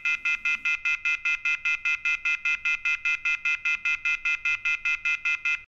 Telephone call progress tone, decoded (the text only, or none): off-hook warning tone